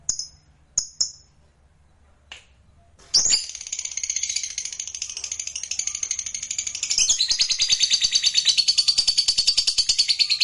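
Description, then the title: Lovebird song: a few isolated sharp chirps, then a sustained rapid buzzy chatter that grows steadily louder. "Suara Lovebird"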